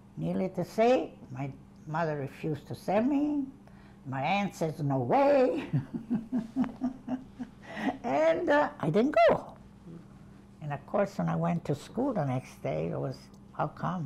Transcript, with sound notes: Needless to say, my mother refused to send me. My aunt said, "No way." ( she laughs ) And, uh, I didn't go. And, of course, when I went to school the next day it was, "How come?"